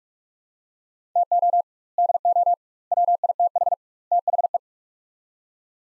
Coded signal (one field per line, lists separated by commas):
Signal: Morse code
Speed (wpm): 46 wpm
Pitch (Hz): 700 Hz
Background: none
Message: TO DO WITH THE